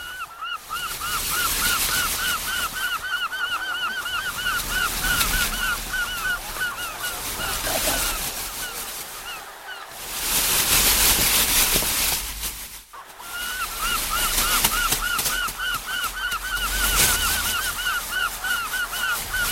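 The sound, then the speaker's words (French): At a beach, seagulls cry over and over in harsh, overlapping calls above a steady wash of big waves, which swells louder for a few seconds midway while the gulls briefly fall quiet. “À la plage, il entend les grosses vagues et les mouettes qui crient.”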